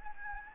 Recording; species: mosquito wingbeat signal from an infrared sensor; Anopheles gambiae